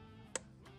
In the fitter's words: I think you just got to push it just till it clicks.